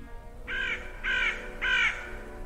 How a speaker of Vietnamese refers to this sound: Nghe đến đây, ở giữa hành lang tối tăm của lầu 2 bệnh viện Kim Hồng, từ đâu đó vang lên tiếng quạ kêu ai oán.